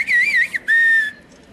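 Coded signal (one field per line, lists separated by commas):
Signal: whistled language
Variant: Turkish kuş dili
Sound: a wavering whistle around 2 kHz, a brief dip, then a long steady whistle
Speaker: Kuş dili ya da ıslık dili. Yüzlerce yıldır bu geleneği devam ettiriyorlar.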